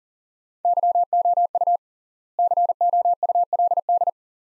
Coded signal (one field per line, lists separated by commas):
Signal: Morse code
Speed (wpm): 40 wpm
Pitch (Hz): 700 Hz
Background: none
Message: YOU COULD